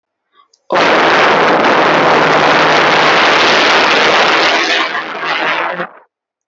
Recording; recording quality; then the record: sustained vowel as in boot; poor, much background noise or distortion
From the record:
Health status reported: healthy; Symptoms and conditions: none ticked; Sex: female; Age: 30 years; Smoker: not ticked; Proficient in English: yes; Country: India